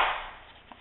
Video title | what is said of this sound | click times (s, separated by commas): VFC MK17 SCAR H review part 2 | back first it'll click into place | 0.7 s